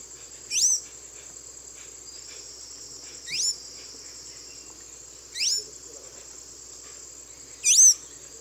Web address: Natures Songs S America Eastern Lowlands. Thraupis episcopus, calls and song